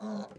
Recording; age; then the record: pig call; piglet (1 to 25 days)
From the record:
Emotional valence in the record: negative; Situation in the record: short isolation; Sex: male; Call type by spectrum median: low-frequency call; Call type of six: mixed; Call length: 0.38 s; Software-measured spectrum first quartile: 209 Hz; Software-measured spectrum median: 350 Hz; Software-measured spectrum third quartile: 778 Hz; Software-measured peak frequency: 208 Hz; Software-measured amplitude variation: 129 dB a second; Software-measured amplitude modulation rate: 18.2 a second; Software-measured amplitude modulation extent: 7.1 dB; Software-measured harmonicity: 6.6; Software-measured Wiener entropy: -0.31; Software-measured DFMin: 951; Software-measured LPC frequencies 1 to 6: 4134, 5874, 6772, 8009, 9737, 13775 Hz